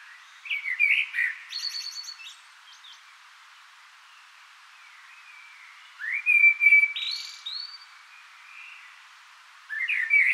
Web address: SETE Turdus merula